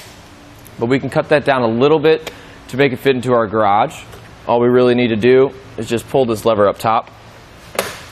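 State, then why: Seated. Someone talks while pulling the lever on top of a Yakima RidgeBack hitch bike rack for 2 bikes on a 2019 Chevrolet Suburban, folding the metal bike arms upright to shorten the rack so it fits into the garage. A sharp hit at 7.8 s is heard as the arms snap into their upright locked position.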